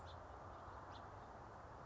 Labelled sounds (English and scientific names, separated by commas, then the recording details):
House Finch (Haemorhous mexicanus)
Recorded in Sonoma County, California